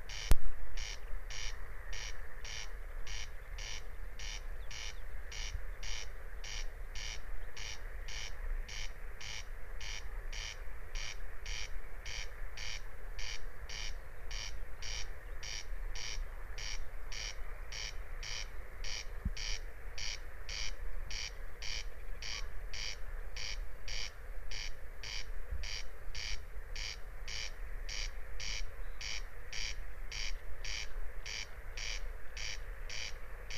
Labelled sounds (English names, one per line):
Corn Crake song